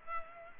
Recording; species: mosquito wingbeat signal from an infrared sensor; Culex pipiens